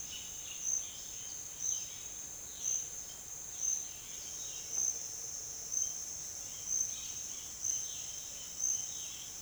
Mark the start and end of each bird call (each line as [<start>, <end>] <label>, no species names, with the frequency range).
[0.00, 4.73] bird call (1.9-4.7 kHz)
[6.30, 9.42] bird call (1.8-4.5 kHz)